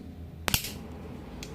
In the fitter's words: सही ढंग से स्थापना के बाद इस तरह दबाएँ इसे अजमाएं। एक 'कट' शब्द और